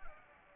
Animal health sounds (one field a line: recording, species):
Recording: mosquito wingbeat signal from an infrared sensor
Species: Anopheles arabiensis